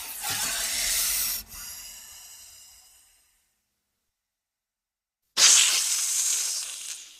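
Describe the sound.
Snake hiss, steady and airy, with a brief break and a slow fade ending after about three seconds, a pause of silence, then another loud hiss bursting out.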